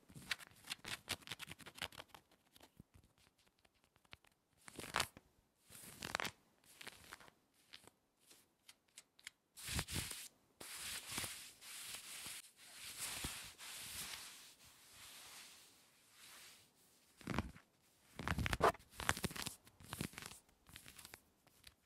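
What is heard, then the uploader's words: Aggressive scratching on denim fabric, coming in quick bursts of rough, bright scraping with short pauses between. The strokes vary from fast clusters of short scratches to longer sweeping rubs, with a few sharper swipes near the end. ASMR Aggressive Jean Scratching Clothing Sounds to Help you Tingle and Sleep Denim Fabric.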